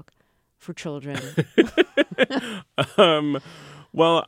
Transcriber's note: laughter